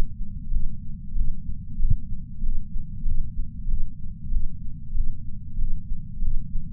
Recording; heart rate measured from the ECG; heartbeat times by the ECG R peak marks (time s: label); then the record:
heart sounds by patch sensor on the chest; 95 bpm
0.52 s: heartbeat
1.16 s: heartbeat
1.79 s: heartbeat
2.43 s: heartbeat
3.06 s: heartbeat
3.69 s: heartbeat
4.32 s: heartbeat
4.95 s: heartbeat
5.59 s: heartbeat
6.22 s: heartbeat
From the record:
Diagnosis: coronary artery disease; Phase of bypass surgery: preoperative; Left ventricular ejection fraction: 64.4%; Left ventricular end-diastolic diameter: 43 mm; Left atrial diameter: 35 mm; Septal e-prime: 6.9 cm/s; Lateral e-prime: 11.4 cm/s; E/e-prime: 9.7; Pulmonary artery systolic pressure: 22 mmHg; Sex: female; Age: 58 years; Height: 155 cm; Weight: 55 kg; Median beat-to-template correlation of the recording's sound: 0.95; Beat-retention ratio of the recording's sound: 0.99